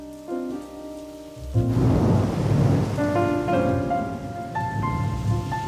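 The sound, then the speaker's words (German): Steady rain hisses in at the Osnabrück harbour on a gloomy afternoon after a short musical opening, a dense wash of falling water that holds evenly while sustained tonal music plays over it. “Trübe Regenstimmung am Osnabrücker Hafen.”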